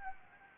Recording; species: mosquito wingbeat signal from an infrared sensor; Anopheles gambiae